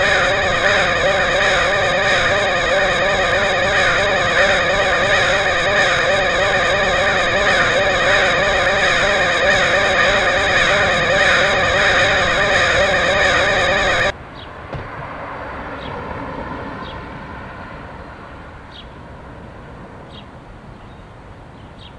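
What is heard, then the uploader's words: A dense, loud roar of crows cawing over one another fills the first fourteen seconds, then cuts abruptly to quieter outdoor ambience. Crows of Portland. Crows recorded by Dan Bodah in Portland, OR.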